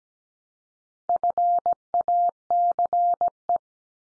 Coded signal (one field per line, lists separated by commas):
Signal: Morse code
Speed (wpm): 17 wpm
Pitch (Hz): 700 Hz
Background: none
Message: FACE